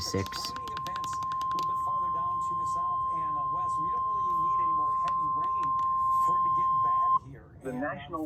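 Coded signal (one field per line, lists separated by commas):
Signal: Emergency Alert System (SAME) tones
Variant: 1050 Hz attention tone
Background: speech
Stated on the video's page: Real emergency alerts received from NOAA weather radio stations and FM and AM broadcast stations.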